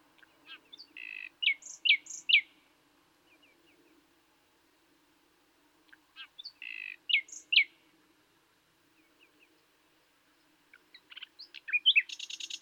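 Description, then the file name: Common nightingale singing two similar phrases of quick, emphatic repeated notes separated by pauses, then a dense high chattering burst at the end. "Luscinia megarhynchos"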